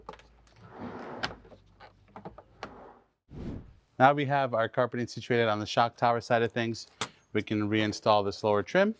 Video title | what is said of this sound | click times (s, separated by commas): Mercedes E63 AMG Rear Shock Replacement DIY (Mercedes W211 E55 AMG, C219 CLS55 AMG, C219 CLS63 AMG) | it just kind of pops into place like that now | 0.1 s